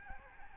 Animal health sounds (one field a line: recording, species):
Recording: mosquito wingbeat signal from an infrared sensor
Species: Aedes albopictus